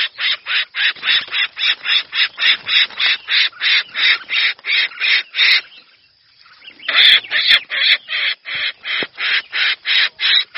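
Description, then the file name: Red-whiskered bulbul repeating loud, scratchy calls about three times a second, with a short quiet gap before the rasping run starts again. Distress call. "Tieng chao mao keu cuu"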